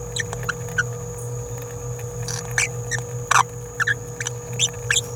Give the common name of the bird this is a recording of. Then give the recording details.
Green-rumped Parrotlet. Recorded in a nest box in Venezuela. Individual 18B17A3